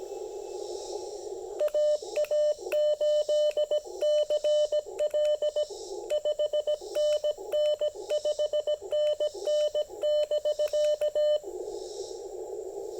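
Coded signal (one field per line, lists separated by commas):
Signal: Morse code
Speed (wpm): 17 wpm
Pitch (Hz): 600 Hz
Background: radio noise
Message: AA8CL 5NN 5NN <BK>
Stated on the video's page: QRP CW park activation at 5 watts using 28.5 feet of speaker wire as the antenna.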